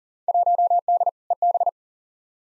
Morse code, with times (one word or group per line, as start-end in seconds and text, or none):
0.3-1.1 1D
1.3-1.7 EB